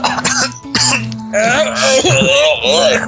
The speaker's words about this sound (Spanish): Vamos a empezar a hacer el coro de la tos.